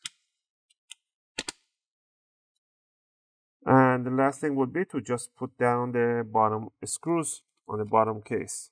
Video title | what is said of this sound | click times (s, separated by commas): Lenovo V330 SSD - HDD - UPGRADE | fit, and push down the corners. Make sure you hear those clicks. | 0.1 s, 0.9 s, 1.4 s, 1.5 s